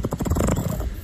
The sound of Kevin snoring. Kevin's a dog.